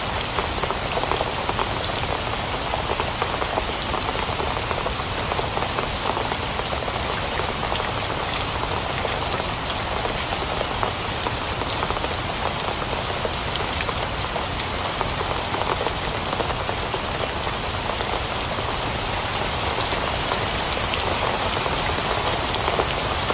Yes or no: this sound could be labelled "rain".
yes